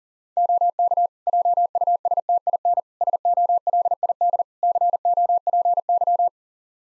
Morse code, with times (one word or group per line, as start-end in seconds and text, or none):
0.4-1.1 OK
1.3-2.8 JUSTIN
3.0-4.4 SOLID
4.6-6.3 COPY